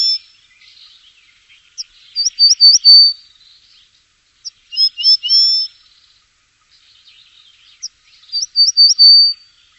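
Bird song: high, thin phrases of a few quick slurred notes ending in a longer note, repeated about every three seconds, with faint chatter between.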